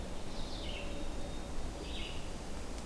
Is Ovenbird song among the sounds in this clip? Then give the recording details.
no. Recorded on 24 June 2016 at 06:12. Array SBT-6-76